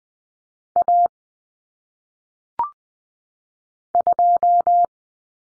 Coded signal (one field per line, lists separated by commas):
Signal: Morse code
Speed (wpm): 20 wpm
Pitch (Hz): 700 Hz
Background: none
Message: A 2